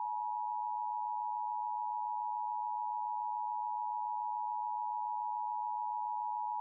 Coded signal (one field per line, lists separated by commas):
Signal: Emergency Alert System (SAME) tones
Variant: 853 and 960 Hz attention tone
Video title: (EAS #2,667 - #2,676) THE LONG AWAITED RETURN…. SORTA…. - EAS Alerts from 3/6/26